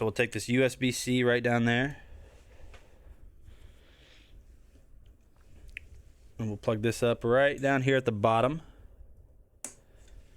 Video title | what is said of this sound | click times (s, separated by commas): Unboxing and First Test with LaserPecker 2 | There we go. Clicks into place. | 9.7 s